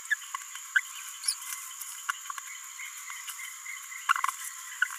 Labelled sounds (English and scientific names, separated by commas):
Green-rumped Parrotlet (Forpus passerinus) babbling